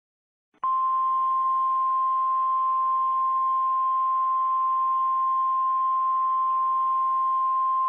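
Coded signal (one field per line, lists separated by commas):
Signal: Emergency Alert System (SAME) tones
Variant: 1050 Hz attention tone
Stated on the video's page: Fictional EAS scenario with simulated alerts, including hijack warnings and a global alert.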